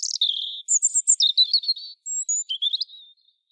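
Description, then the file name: European robin song: fast, high-pitched warbled phrases with a drawn-out note, thin whistles and short trills tumbling one after another. "Erithacus rubecula"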